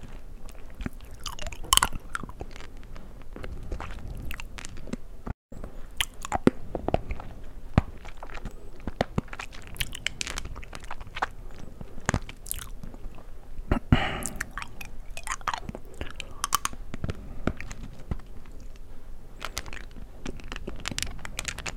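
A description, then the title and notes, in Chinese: Eating of candy: sharp crunches and bites land every second or so, with wet chewing filling the gaps. A brief dropout of silence falls near five seconds, and the crunching carries on steadily to the end. MUJI 無印良品 糖果。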